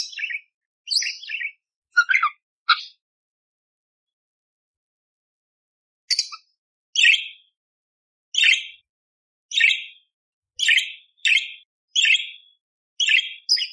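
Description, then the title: Budgerigar chatter: a few harsh chirps, a silent gap of a few seconds, then a run of sharp scratchy chirps. Lively, clear budgerigar song used to tutor songbirds, full of rough 'tembakan' shot-style phrases, suited for magpie-robins. "Masteran Burung Parkit Gacor Jernih Isian Tembakan Kasar Cocok Buat Kacer"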